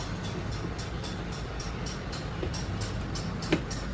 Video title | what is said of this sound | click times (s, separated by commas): Honda eu70is power generator unboxing and total maintenance-హోండా eu70is power generator పూర్తివివరాలు | కూర్చుంది కదా, దీన్ని ఇటువైపు తిప్పారనుకోండి, లాక్ అయిపోతుంది. | 3.5 s